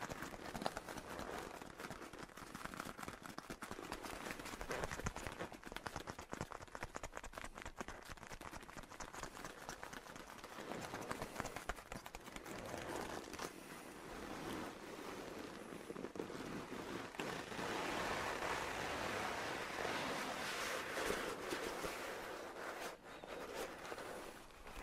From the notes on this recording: the gentle sounds of his leather coat and a beautiful land octopus